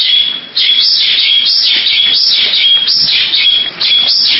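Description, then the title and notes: Bali myna song, a dense harsh buzzing and chattering stream with thin high whistles, almost continuous. "Jalak Bali 2. Kicau Burung Jalak"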